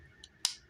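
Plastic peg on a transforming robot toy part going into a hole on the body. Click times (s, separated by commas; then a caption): 0.4 s. On a retry, the plastic peg of a 2015 Transformers Robots in Disguise Warrior Class Soundwave toy is pressed into its hole on the body during transformation. A faint tick comes at 0.2 s, then one sharp, loud click at 0.5 s as the peg snaps into place. The peg is seated.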